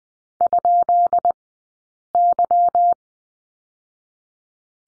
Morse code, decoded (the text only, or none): ?Y